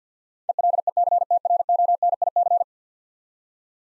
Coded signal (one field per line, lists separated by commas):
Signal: Morse code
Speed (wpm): 50 wpm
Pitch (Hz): 700 Hz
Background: none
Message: ELECTRONIC